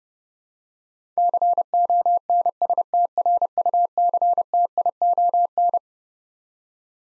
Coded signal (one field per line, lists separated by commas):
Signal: Morse code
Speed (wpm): 30 wpm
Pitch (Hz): 700 Hz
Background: none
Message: CONSTRUCTION